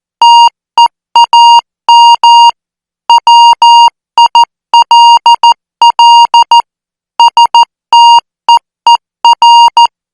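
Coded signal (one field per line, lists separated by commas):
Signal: Morse code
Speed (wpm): 14 wpm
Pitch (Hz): 940 Hz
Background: music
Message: TEAM WILL STEER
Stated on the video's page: Morse code practice signal at 14 words per minute for military signal school training.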